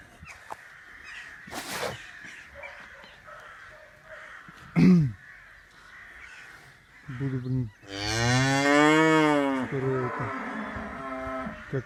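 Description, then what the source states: Bull bellowing: a long, deep, harmonic-rich roar rising then falling over about three seconds, preceded by short grunts and scattered knocks and rustles. Bull described as furious and aggressive.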